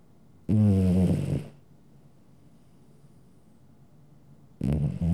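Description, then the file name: Domestic cat giving a long, rough snore, then a quiet stretch before another snore begins at the end. "catsnores"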